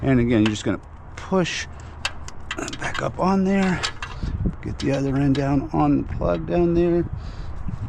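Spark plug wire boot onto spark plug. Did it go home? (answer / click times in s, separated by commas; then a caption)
no / none. Someone talks while pushing the rubber boot of a new spark plug wire down onto a spark plug in the engine bay of a Ford 7.3 Godzilla engine. A few short handling knocks come between about 2.0 and 2.7 seconds. The boot has not clicked or seated onto the plug yet.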